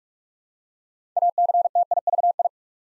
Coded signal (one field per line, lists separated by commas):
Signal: Morse code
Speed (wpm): 44 wpm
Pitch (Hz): 700 Hz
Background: none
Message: ACTIVI